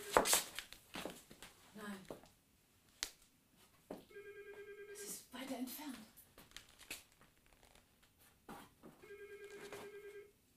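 A muffled telephone rings in two separate bursts, each about a second long with a steady buzzing tone, amid scattered rustling and clattering noises.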